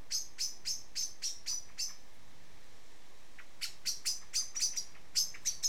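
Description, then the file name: Common blackbird giving sharp chink calls in two quick runs with a short silence between, over steady background hiss. "Turdus merula"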